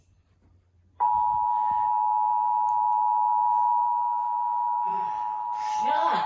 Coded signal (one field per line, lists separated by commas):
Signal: Emergency Alert System (SAME) tones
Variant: 853 and 960 Hz attention tone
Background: speech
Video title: WHY THE FUCK ON ST. PATICS DAY? EAS 172